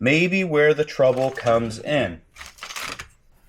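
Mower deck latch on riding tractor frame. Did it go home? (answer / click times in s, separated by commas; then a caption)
no / none. Someone talks, then short rattling metal sounds come from a Ryobi electric riding tractor as the mower deck latch is worked against its mount on the tractor frame. The latch fails to lock in because the deck is not seated fully, and nothing has clicked into place yet.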